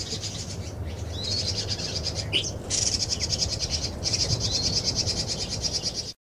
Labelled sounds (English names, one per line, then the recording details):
Red-billed Leiothrix alarm call
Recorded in captivity
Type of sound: alarm call
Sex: female
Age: adult
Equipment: Halbspur, 9,5 cm/s
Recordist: Lütgens, Hans
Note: Weibchen warnt